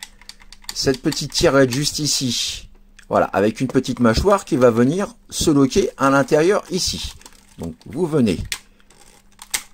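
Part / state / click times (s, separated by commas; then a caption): jaw latch of a transforming robot toy going into its internal lock / seated / 9.5 s. During the transformation of a plastic Transformers Animated Bulkhead leader class robot toy, a small jaw-like latch is pushed into its lock inside the body while someone talks. Light handling clicks sound near the start, and the latch clicks shut into its internal lock at 9.6 s, seated.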